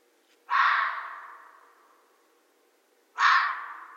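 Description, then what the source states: Red fox giving two harsh, raspy barks about two and a half seconds apart, each starting abruptly and trailing off slowly; no other sounds. Recorded 13 January 2012.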